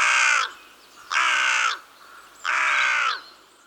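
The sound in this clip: Crow cawing, three loud harsh drawn-out caws a little over a second apart, the first already under way at the start.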